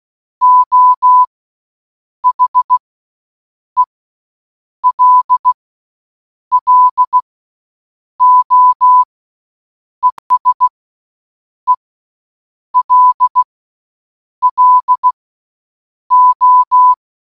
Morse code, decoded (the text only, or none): O HELLO ESELLO